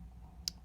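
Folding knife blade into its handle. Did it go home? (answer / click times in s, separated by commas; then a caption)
yes / 0.5 s. A handmade Damascus steel blade of a folding pocket knife is closed into its handle. One sharp click is heard at 0.5 seconds as the blade snaps back in and seats over a low steady hum.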